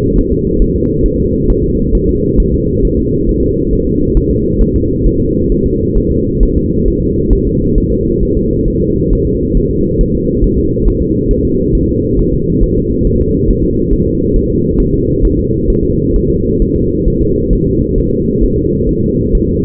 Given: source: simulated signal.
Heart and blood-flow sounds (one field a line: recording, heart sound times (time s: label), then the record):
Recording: fetal heart sounds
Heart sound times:
0.18 s: S1
0.32 s: S2
0.62 s: S1
0.76 s: S2
1.06 s: S1
1.20 s: S2
1.50 s: S1
1.64 s: S2
1.95 s: S1
2.09 s: S2
2.40 s: S1
2.54 s: S2
2.85 s: S1
2.99 s: S2
3.29 s: S1
3.43 s: S2
3.73 s: S1
3.87 s: S2
4.17 s: S1
4.31 s: S2
4.62 s: S1
4.75 s: S2
5.06 s: S1
5.20 s: S2
5.52 s: S1
5.66 s: S2
5.97 s: S1
6.12 s: S2
6.43 s: S1
6.57 s: S2
6.88 s: S1
7.02 s: S2
7.33 s: S1
7.47 s: S2
7.78 s: S1
7.92 s: S2
8.23 s: S1
8.37 s: S2
8.68 s: S1
8.82 s: S2
9.13 s: S1
9.27 s: S2
9.57 s: S1
9.71 s: S2
10.01 s: S1
10.15 s: S2
10.44 s: S1
10.58 s: S2
10.88 s: S1
11.02 s: S2
11.31 s: S1
11.45 s: S2
11.75 s: S1
11.89 s: S2
12.19 s: S1
12.33 s: S2
12.63 s: S1
12.78 s: S2
13.07 s: S1
13.21 s: S2
13.50 s: S1
13.64 s: S2
13.93 s: S1
14.07 s: S2
14.36 s: S1
14.50 s: S2
14.80 s: S1
14.94 s: S2
15.25 s: S1
15.39 s: S2
15.70 s: S1
15.84 s: S2
16.16 s: S1
16.30 s: S2
16.62 s: S1
16.76 s: S2
17.08 s: S1
17.22 s: S2
17.53 s: S1
17.67 s: S2
17.98 s: S1
18.12 s: S2
18.43 s: S1
18.57 s: S2
18.89 s: S1
19.03 s: S2
19.35 s: S1
19.49 s: S2
From the record:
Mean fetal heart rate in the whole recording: 135 bpm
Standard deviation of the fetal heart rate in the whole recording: 3 bpm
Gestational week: 36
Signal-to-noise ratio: -14.7 dB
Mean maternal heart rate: 72 bpm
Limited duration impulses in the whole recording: present